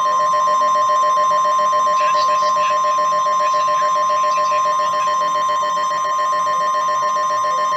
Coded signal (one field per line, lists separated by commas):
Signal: Emergency Alert System (SAME) tones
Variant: 1050 Hz attention tone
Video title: THE CORPUS CHRISTI TX A WARNINGS AND WHAT... EAS Alerts from 06/27/22